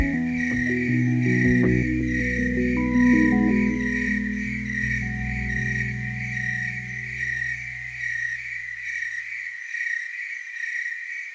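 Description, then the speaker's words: Tree cricket song, a steady, pure-toned continuous trill that holds even throughout, with low musical chords sounding at the start and fading away. Tree crickets singing at night; likened to what moonbeams would sound like if they could sing. "I like the tree crickets singing at night."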